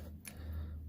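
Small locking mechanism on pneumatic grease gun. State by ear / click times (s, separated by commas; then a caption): seated / 0.3 s. A small locking mechanism on a Harbor Freight pneumatic grease gun, used for Attitude toyhauler maintenance, is tugged to check it and then pushed in. A single sharp tick sounds at 0.3 s over a low steady hum. The mechanism is seated and confirmed in place.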